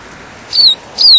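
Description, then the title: Double-collared Seedeater song: two clear, high whistled notes, each sliding slightly downward, about half a second apart, over a quiet background. "Canto Coleiro"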